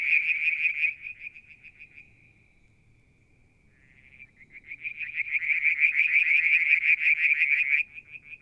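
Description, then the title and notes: Frogs calling in a pulsed trill that fades away, leaves a faint steady tone, then rises again into a loud, fast trilling run. Calling one evening near a water tank at Mount Wilson, New South Wales, Australia, July 2022. "Frog song, Mount Wilson, New South Wales, Australia in July 2022 – by Alexander Moffatt. Limnodynastes Peronii, Litoria Verreauxii and a mystery frog one evening near the water tank"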